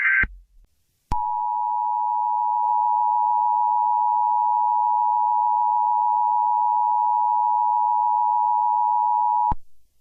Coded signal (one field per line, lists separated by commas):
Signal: Emergency Alert System (SAME) tones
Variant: 853 and 960 Hz attention tone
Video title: Hurricane Idalia EAS Scenario - Extreme Wind Warnings - August 30, 2023